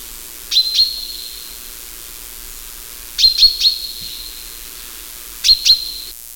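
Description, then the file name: Common chaffinch calls: three bursts of two or three sharp, high notes, each trailing into a thin, steady whistle, about every two and a half seconds; faint background hiss. "Fringilla coelebs"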